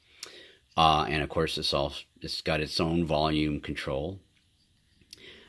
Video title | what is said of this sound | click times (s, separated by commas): Zoom H6 review (part 1) | 120 degree and it just clicks into place there and | 0.2 s